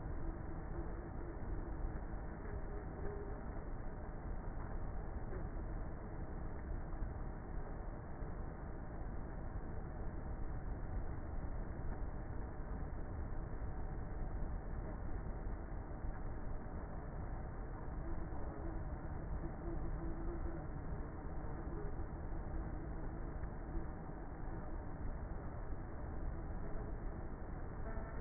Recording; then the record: honeybee colony, microphone inside the hive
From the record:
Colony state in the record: queenless with a low population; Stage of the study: before two queens were removed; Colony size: about 30,000 bees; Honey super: no